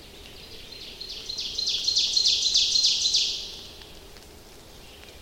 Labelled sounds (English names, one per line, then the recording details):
Ovenbird song
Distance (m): 40 m
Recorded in boreal forest in Alberta, Canada, on 29 May 2016 at 06:56
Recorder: SongMeter 3, array SBT-3-49
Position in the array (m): 73 m, 256 m
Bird 14